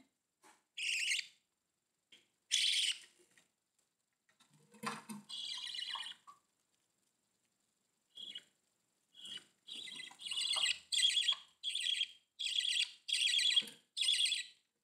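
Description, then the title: Budgerigar calls, scattered harsh chirps early, then a quick run of squawky notes toward the end. "Budgie Sounds"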